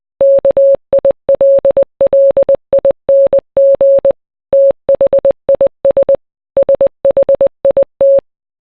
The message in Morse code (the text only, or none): KILLING THIS SHIT